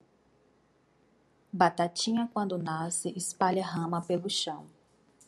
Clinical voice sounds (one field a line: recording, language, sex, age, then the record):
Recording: short text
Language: Brazilian Portuguese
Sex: female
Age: 30 to 39 years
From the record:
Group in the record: control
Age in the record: 33 years